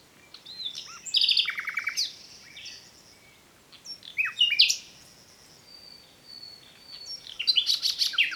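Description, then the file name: Common nightingale song in separate bursts: a rasping trill, sharp whistled swoops, a long thin whistle and a final rapid phrase. "Luscinia megarhynchos"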